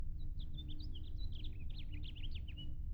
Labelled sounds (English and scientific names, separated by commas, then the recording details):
House Finch (Haemorhous mexicanus) song
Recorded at Hewlett Harbor on Long Island, New York, on 10 June 1975
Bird E